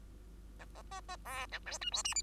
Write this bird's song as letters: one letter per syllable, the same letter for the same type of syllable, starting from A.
A B B B C A D E F G H